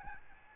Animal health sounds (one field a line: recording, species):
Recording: mosquito wingbeat signal from an infrared sensor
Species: Aedes albopictus